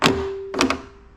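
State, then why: Released. The trunk latch actuator on a new Vicis carbon fiber trunk lid of a GTR, with the lid resting on its struts, clicks open when someone inside the car presses the interior trunk release button. Sharp clicks land at 0.1, 0.6 and 0.7 seconds over a faint steady hum. The latch releases and is confirmed working.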